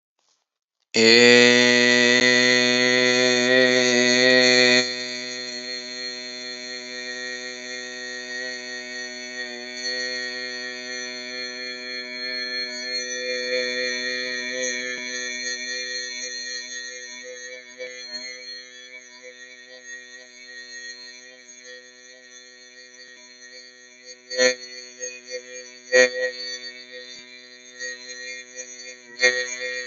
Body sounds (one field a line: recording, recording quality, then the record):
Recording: sustained vowel as in made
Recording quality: excellent, no background noise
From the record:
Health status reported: healthy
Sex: male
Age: 23 years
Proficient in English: yes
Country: India